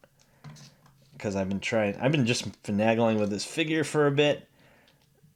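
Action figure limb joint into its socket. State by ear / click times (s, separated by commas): not seated / none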